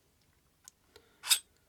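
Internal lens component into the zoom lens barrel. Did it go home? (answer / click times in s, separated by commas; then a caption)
yes / 0.7 s. A keyed internal lens component of a Canon FD 100-200mm 1:5.6 S.C. zoom lens, aligned by a guide pin and notch, is pushed into its seat in the zoom lens barrel during reassembly. A sharp click at 0.7 s marks it seating, followed by a fainter tick at about 1.0 s and a louder, broader rustling scrape from 1.2 to 1.4 s. The component is seated.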